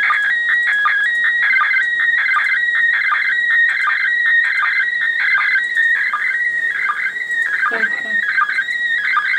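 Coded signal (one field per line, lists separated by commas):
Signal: SSTV (slow-scan television)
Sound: warbling, buzzy tone shifting in pitch, punctuated by regular rapid low sync ticks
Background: radio static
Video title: ISS space station experiment op SSTV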